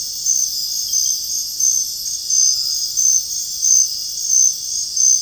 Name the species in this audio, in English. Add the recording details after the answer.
none. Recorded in dense forest near Puerto Asís, Putumayo, Colombia, on 20 February 2024 at 03:30. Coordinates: 0.485, -76.325. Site G6429